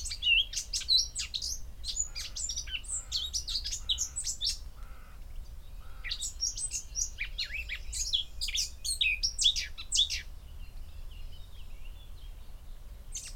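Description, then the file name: Eurasian blackcap song in two rich warbling phrases of quick chattering and whistled notes, a quieter gap between them, then a short note near the end, low rumble beneath. "Sylvia atricapilla"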